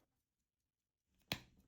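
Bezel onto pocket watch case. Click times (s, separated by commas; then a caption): 1.3 s. A metal bezel is carefully pressed onto a pocket watch case in a different position, with its notch lined up for the pulled-out setting lever, after an earlier attempt failed to click into place. After near silence and faint low handling noise, a sharp, very short snap is heard at 1.3 seconds, followed by a brief fading tail. The bezel is confirmed seated in place.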